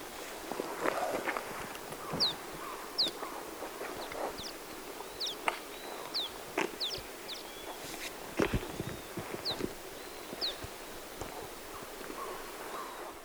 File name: Swallow Golden-calls - 1050-m JF El-Aceitillar DR Apr-2010